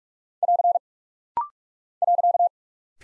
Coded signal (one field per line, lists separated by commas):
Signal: Morse code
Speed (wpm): 46 wpm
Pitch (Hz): 700 Hz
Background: none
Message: <AR> .